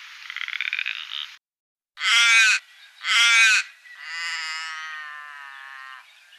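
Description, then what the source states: Little raven harsh calls: a short buzzy burst, then two loud grating caws a second apart and a longer drawn-out nasal call. Recorded in Canberra; listed among garden birds.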